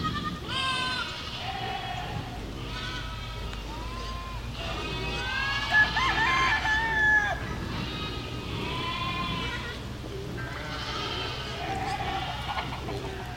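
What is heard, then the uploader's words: Cows moo and call over one another almost without pause, in fairly high, wavering bellows that rise and fall. The calls overlap densely throughout, peaking in loudness around six to seven seconds, over a steady low hum. These cow mooing sounds. The uninterrupted stream of cow mooing.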